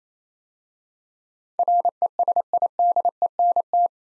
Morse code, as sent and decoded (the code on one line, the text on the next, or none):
.-. . ... .. -.. . -. -
RESIDENT